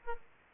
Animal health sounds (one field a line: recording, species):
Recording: mosquito wingbeat signal from an infrared sensor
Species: Aedes aegypti